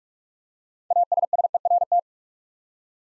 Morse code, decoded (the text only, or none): ASSERT